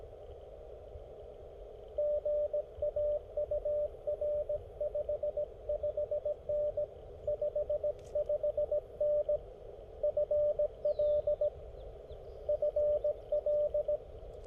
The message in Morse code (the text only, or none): GA UR 55N 55N FL FL